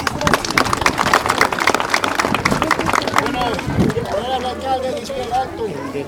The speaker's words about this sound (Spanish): ¡Fuerte los aplausos!